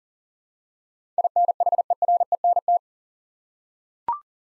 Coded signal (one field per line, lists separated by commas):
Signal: Morse code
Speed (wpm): 39 wpm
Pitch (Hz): 700 Hz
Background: none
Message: INHERENT